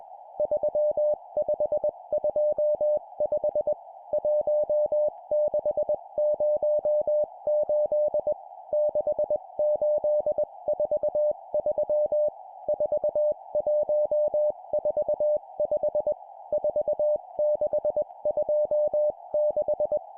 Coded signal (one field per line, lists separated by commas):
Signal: Morse code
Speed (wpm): 21 wpm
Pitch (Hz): 600 Hz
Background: music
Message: 3525 1608 6843 4145 4626